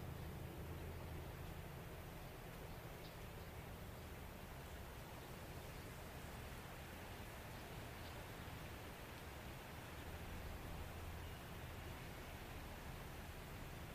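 Wind blows steadily through grass and trees, a dense, even rush that barely changes in level for the whole stretch. A low rumble sits underneath, swelling slightly around the first and tenth seconds. A few faint, brief chirps poke through near three and eight seconds.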